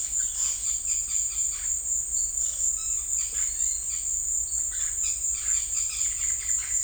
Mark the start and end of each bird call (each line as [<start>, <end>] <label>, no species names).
[0.00, 6.81] bird call